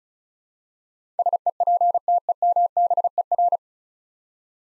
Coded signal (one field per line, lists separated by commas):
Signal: Morse code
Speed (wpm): 36 wpm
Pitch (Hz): 700 Hz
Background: none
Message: SEPTEMBER